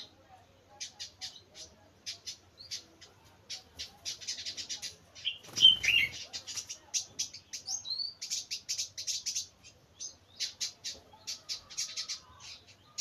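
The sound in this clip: Bird chirping: rapid high sharp chips in bursts, with a few rising whistled notes and a louder squeaky note near the middle.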